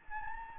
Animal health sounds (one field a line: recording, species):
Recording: mosquito wingbeat signal from an infrared sensor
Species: Anopheles gambiae